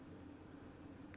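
A component is handled and pressed toward its mount on the rear section of an Agora Models 1/8 scale diecast James Bond 007 Lotus Submarine "Wet Nellie" model (Pack 11 build). A steady low hum and soft handling noise fill the clip, with a brief faint tick right at the end. Nothing has seated or clicked yet.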